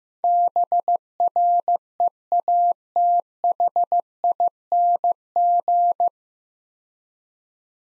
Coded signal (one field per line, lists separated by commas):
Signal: Morse code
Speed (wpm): 15 wpm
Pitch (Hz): 700 Hz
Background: none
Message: BREATHING